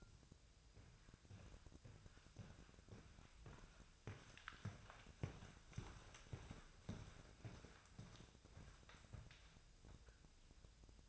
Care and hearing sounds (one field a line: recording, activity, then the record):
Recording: daily activity, microphone in the room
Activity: walk to room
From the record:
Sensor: 2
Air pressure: 999.3 hPa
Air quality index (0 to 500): 194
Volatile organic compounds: 26 ppm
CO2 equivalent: 2864 ppm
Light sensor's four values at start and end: 7/16/6/7 and 7/16/6/6